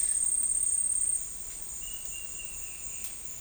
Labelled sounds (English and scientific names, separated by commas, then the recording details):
Peruvian Warbling Antbird (Hypocnemis peruviana)
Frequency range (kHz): Peruvian Warbling Antbird (Hypocnemis peruviana) 2.1-3.6 kHz
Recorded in dense forest near Puerto Asís, Putumayo, Colombia, on 20 February 2024 at 09:30
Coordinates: 0.484, -76.317
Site G6464